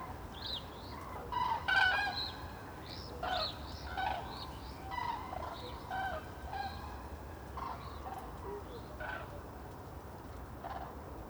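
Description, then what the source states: Common cranes calling quietly, with a chorus of thin upslurred whistles and soft trumpeting notes over a steady low background rumble. Waking at a winter roost on a lake in Marne, France, 6 January 2019, heard from a dyke; young whistling while accompanying parents; Zaxcom Nomad recorder, two MKH 8040 microphones.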